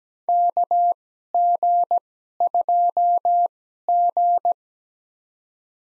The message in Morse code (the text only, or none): KG2G